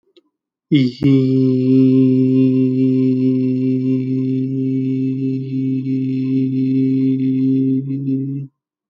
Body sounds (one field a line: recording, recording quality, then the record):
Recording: sustained vowel as in beet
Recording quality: excellent, no background noise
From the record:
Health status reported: healthy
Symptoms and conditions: none ticked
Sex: male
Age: 27 years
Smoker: yes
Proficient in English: yes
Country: India